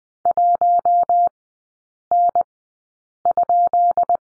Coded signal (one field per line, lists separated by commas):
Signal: Morse code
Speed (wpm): 20 wpm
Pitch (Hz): 700 Hz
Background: none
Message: 1N?